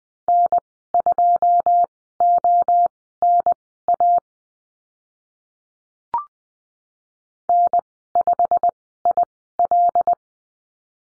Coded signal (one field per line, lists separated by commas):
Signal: Morse code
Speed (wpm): 20 wpm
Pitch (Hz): 700 Hz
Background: none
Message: N2ONA N5IL